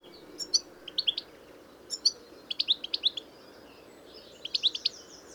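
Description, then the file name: European goldfinch calls: short bright twittering notes in quick clusters of a few, over a low steady background hum. "Carduelis carduelis"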